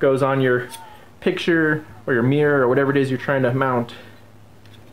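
Someone talks while two metal Z-bar hanger strips, one picture-side piece and one mounted on the wall, are handled as they are about to slide over each other and lock together. Nothing has seated or clicked yet; only a faint tick sounds near the end at 4.7 s.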